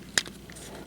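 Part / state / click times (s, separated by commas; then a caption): plastic panel hook tab into figure body slot / not seated / none. A plastic panel with a small hook tab is pressed into its slot on the body of a transforming action figure, giving sharp plastic ticks at about 0.2 s and 0.9 s with fainter taps in between. The tab has not snapped in or clicked into place, and the panel stays with a gap.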